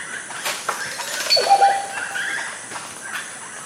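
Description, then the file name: Oropendola song: a gurgling, swooping phrase with a bright high note and a short level whistle, over a busy background of hiss and other calls. "oropendola bird singing"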